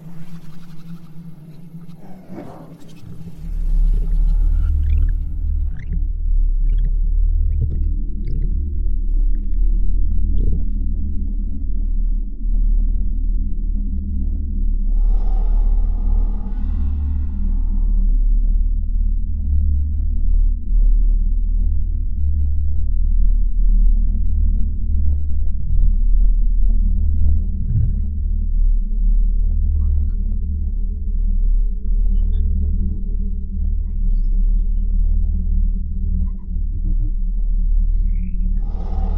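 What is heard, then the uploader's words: Exoplanet ambience: a deep, steady rumbling drone swells in after about three seconds and holds for the rest of the clip, with a humming middle layer above it. A brief hissy, grainy burst rises around fifteen seconds, and faint clicks and flickers scatter throughout. Alien planet | Exoplanet Ambience.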